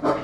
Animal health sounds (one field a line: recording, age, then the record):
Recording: pig call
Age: growing-finishing pig (85 days or more)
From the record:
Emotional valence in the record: positive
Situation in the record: run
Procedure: transit